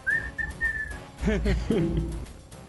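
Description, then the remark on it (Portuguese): During a role-playing game session, a player whose character is in a tree whistles an imitation of a small bird: three thin, steady high notes in quick succession, followed by a few brief warbling vocal sounds. “Enquanto isso eu tô lá na árvore só imitando um passarinho.”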